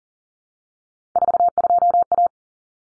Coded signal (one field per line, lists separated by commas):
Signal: Morse code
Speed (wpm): 40 wpm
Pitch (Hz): 700 Hz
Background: none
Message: 42A